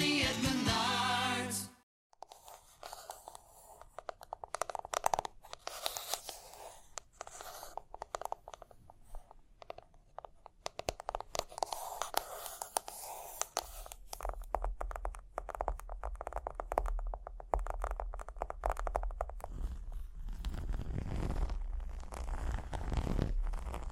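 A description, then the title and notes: Tapping and scratching follow a short buzzing tone that cuts off after about two seconds. Dense, uneven taps and dry scratchy scrapes run continuously, with crunchy bursts. From about fourteen seconds a low rumble joins underneath, swelling louder near the end. Tapping and Scratching (No Talking).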